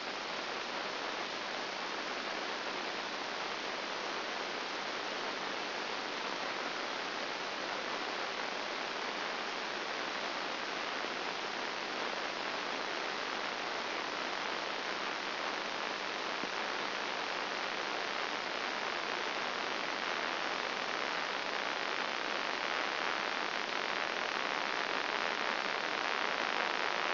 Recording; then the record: brain microelectrode recording played as sound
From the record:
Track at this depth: outside the subthalamic nucleus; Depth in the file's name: 0.506 mm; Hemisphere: left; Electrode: 2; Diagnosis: Parkinson's disease